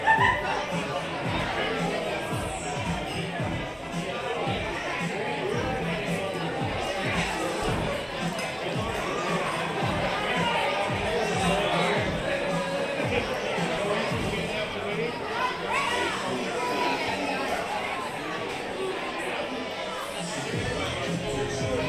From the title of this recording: Oga's Cantina (Disneyland) Binaural Ambience